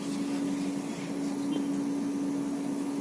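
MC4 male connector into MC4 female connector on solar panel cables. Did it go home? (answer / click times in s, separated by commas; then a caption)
no / none. An MC4 male connector is handled against an MC4 female connector on solar panel cables, with positive and negative connectors to be pushed together to wire five solar modules in series. A steady low hum with a constant tone runs through the clip, with a faint brief sound near 1.5 s. Nothing has seated or clicked yet.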